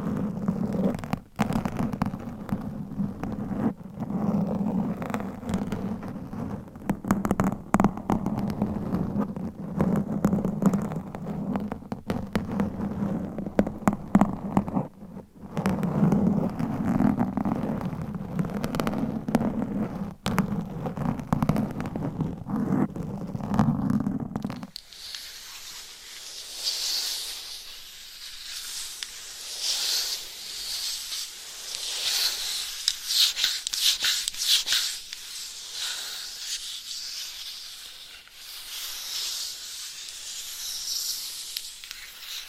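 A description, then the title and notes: Steady rubbing and massaging sounds fill the first twenty-five seconds, low and dense, with frequent small taps and a brief pause near fifteen seconds. The sound then switches abruptly to bright, crisp scratching that continues evenly, with softer swells, to the end. ASMR with CLAWS Changing Triggers Every 60 Seconds Scratching , Tapping , Massage etc No Talking.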